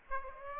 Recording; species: mosquito wingbeat signal from an infrared sensor; Aedes aegypti